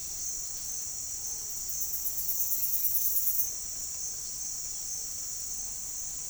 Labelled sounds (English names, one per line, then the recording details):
none
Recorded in pastures near Puerto Asís, Putumayo, Colombia, on 25 June 2025 at 08:30
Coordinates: 0.466, -76.322
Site GP07